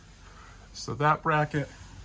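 Someone talks while handling the bathroom door of a 2023 Jayco Seneca XT 35L Super C motorhome, which is swung shut for privacy so a small bracket on it can click into its mating wall catch. Nothing has seated or clicked yet.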